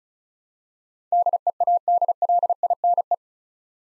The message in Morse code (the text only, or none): DEADLINE